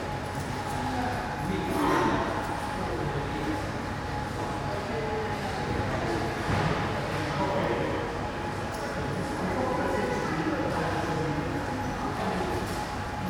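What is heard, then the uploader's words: A quiet train station ticket hall with steady echoing hum, a thin constant tone, and scattered voices of a few travellers. Train station ticket office. A ticket office of a train station, which is mostly deserted, with only a few travellers.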